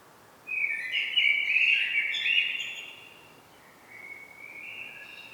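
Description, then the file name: Common blackbird song: one rich, warbling phrase with a thin high twitter on top, then a softer rising whistle. "Turdus merula"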